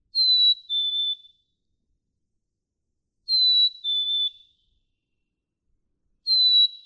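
Black-capped chickadee song, a clear whistled two-note fee-bee, the second note slightly lower, repeated about every three seconds.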